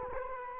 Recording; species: mosquito wingbeat signal from an infrared sensor; Culex quinquefasciatus